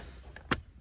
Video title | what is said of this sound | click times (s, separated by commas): 2011-2021 Jeep Grand Cherokee WK2 Cup Holder Trim Replacement | Make sure you hear the click. | 0.5 s